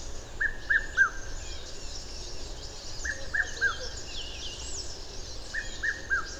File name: Red chested Cuckoo Cuculus solitarius